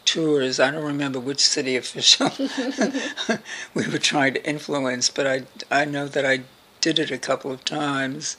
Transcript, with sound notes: tours. I don’t’ remember which city official [laughter] we were trying to influence but I know that I did it a couple of times,